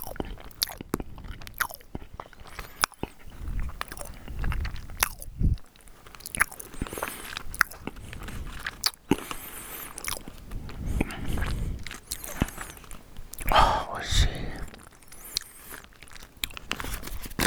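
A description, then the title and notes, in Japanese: Someone eats a soft Japanese sweet, with moist, sticky chewing and small bites. The sounds come in irregular bursts throughout, with soft clicks and smacks and a brighter wet squelch around 13 to 14 seconds. 生菓子を食べる音。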